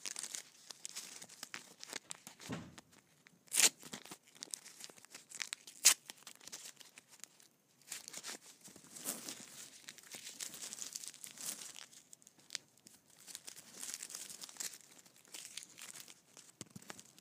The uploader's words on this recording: ASMR Candy Wrappers.